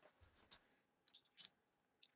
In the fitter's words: okay so I got that clicked in I can line up the seal